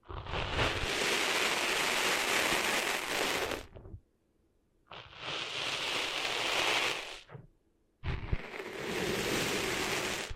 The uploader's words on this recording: ASMR Cleaning Sand Out of Your Ears (No Talking).